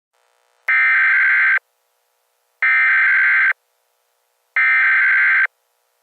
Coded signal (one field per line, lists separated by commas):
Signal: Emergency Alert System (SAME) tones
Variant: header bursts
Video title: EAS | Trumpbola